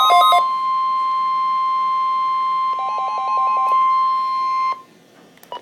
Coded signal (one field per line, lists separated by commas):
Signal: Emergency Alert System (SAME) tones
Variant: 1050 Hz attention tone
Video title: KIG86 Required Weekly Test - EAS #241